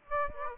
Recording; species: mosquito wingbeat signal from an infrared sensor; Aedes aegypti